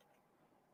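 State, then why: Not seated. A backboard panel is handled as it is pushed into an arcade cabinet, with a steady, low-level rustling noise and no distinct sharp transients. Nothing has seated or clicked yet.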